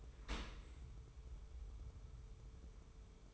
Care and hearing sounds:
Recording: daily activity, microphone in the room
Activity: open dishwasher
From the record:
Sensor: 1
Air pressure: 1014.9 hPa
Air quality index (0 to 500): 25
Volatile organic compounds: 0 ppm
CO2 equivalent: 500 ppm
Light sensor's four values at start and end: 13/30/12/13 and 13/30/12/13

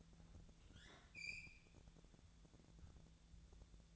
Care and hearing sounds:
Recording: daily activity, microphone in the room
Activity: open fridge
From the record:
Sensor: 3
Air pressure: 1000.1 hPa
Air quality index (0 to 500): 132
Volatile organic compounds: 2 ppm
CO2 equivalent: 1178 ppm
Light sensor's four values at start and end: 41/103/44/48 and 40/103/44/48

